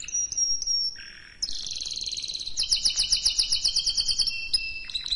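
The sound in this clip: Canary song opening with a thin sustained whistle and a low buzzy note, then breaking into a dense trill and a fast, evenly pulsed rattle.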